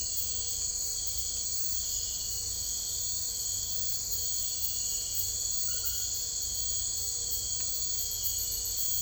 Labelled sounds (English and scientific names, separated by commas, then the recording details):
none
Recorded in secondary vegetation near Puerto Asís, Putumayo, Colombia, on 21 December 2024 at 03:00
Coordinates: 0.498, -76.327
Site GP07